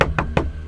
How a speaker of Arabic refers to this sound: ده كان صوت أحمد أخويا بيخبط عليا من برا